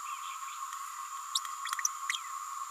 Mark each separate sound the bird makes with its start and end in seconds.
1.34-1.40